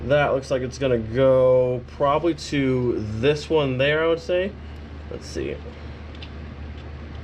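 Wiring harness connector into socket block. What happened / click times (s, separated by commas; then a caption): The connector was offered up but did not seat / none. Someone talks while offering a single-stack plastic wiring harness connector up to its socket block during a 20v VR5 harness install on a Golf 3 Savoy VR5, but it is tried the wrong way round. After the speech, only low steady background noise and a brief faint sound near 6.2 s are heard. The connector does not go in, and nothing has seated or clicked yet.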